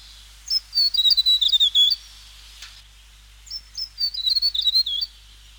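South Island tomtit song: two quick high phrases, each a rapid descending string of thin notes, about three seconds apart.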